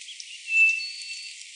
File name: nothura boraquira